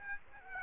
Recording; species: mosquito wingbeat signal from an infrared sensor; Aedes aegypti